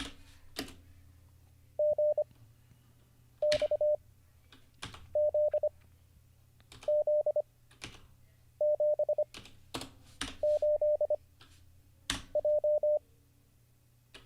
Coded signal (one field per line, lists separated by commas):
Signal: Morse code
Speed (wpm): 25 wpm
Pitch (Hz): 600 Hz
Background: none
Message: G X Z Z 7 8 J